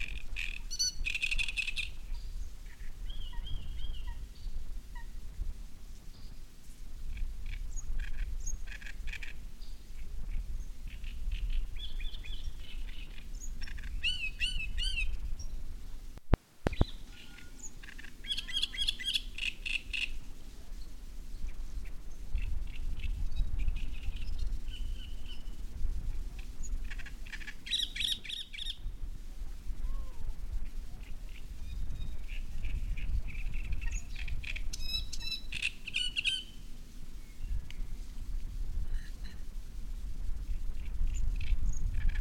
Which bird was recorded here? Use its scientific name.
Acrocephalus arundinaceus